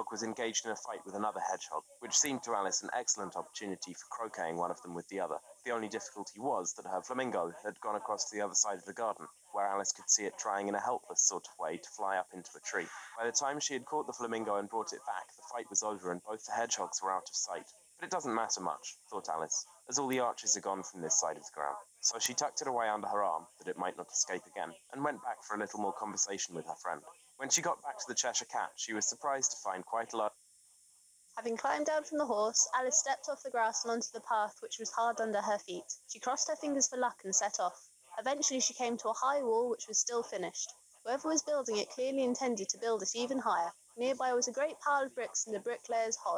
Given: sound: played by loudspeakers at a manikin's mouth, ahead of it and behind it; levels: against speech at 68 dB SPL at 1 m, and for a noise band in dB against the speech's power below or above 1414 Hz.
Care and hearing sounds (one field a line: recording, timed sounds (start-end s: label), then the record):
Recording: test signals for a remote microphone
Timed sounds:
0.00-30.28 s: man speaking, babble ahead at +6 dB SNR for speech at 1 m
31.28-46.38 s: woman speaking, babble ahead at +6 dB SNR for speech at 1 m
From the record:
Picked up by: remote microphone B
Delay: 24 ms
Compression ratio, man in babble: 1.70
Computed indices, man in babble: HASPI 0.999, HASQI 0.276 (non-linear 0.326, linear 0.847), ESTOI 0.728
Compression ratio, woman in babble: 1.71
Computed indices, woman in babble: HASPI 0.957, HASQI 0.352 (non-linear 0.409, linear 0.859), ESTOI 0.804